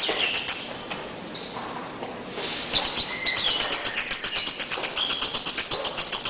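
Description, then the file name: Bird giving fast high chirps in a steady pulsing run, broken by a quieter stretch, with one short lower whistle mixed in. "burungrio"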